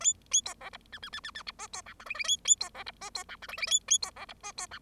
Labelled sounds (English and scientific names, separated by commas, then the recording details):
Bengalese Finch (Lonchura striata domestica) song
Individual Bird0